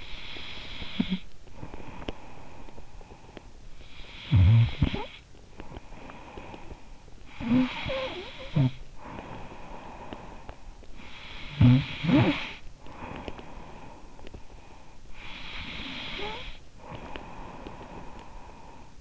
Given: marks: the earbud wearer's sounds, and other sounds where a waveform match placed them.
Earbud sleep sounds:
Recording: sounds in sleep by an in-ear microphone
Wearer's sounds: snoring breath, breath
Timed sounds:
0.00-14.56 s: snoring breath
14.56-18.98 s: breath

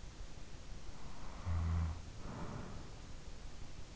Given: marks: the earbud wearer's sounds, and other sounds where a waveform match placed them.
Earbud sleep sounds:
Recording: sounds in sleep by an in-ear microphone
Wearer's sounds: snoring breath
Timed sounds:
0.82-3.56 s: snoring breath

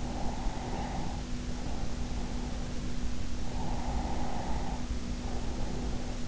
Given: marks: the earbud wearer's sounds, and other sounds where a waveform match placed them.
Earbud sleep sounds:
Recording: sounds in sleep by an in-ear microphone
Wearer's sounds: breath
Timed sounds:
0.00-2.76 s: breath
3.46-6.20 s: breath

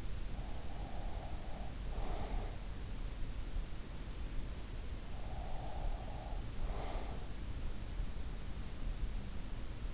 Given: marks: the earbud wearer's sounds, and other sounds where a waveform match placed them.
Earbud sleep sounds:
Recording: sounds in sleep by an in-ear microphone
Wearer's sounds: breath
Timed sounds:
0.00-2.96 s: breath
4.88-7.76 s: breath

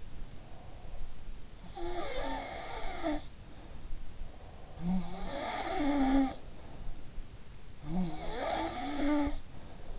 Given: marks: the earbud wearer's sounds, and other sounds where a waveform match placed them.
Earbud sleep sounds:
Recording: sounds in sleep by an in-ear microphone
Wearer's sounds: breath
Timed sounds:
0.00-1.13 s: breath
1.54-4.09 s: sound from someone else or the room
4.76-7.08 s: sound from someone else or the room
7.76-9.99 s: sound from someone else or the room

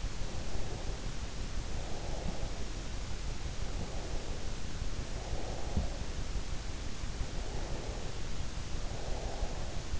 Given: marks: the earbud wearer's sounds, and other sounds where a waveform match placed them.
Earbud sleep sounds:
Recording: sounds in sleep by an in-ear microphone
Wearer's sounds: breath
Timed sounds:
0.00-2.76 s: breath
3.61-6.17 s: breath
7.21-9.94 s: breath

